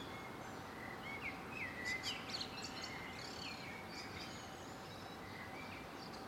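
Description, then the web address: Birds giving a few clear whistles and faint chirps over steady background noise. Recorded in a residential area in the morning. "Lynne Music. Surroundresidentialmorningbirds"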